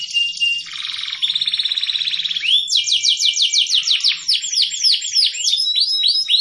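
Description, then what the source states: Atlantic canary delivering a dense buzzy trill followed by a rhythmic run of bright falling whistles repeated several times per second. Canary singing with cengkok (varied melodic phrasing), F2 bird, loud, with long song duration of about one minute.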